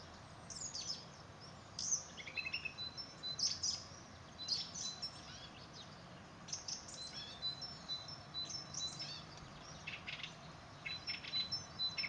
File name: Singdrossel am 03 03 2019 im Bürener Garten